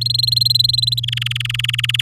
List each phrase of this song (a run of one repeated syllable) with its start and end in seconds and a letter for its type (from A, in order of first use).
0.01-1.00 A, 1.03-2.02 B